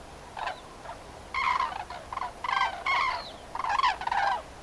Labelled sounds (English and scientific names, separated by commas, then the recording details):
Common Crane (Grus grus)
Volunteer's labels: Grus grus juvénile
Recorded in France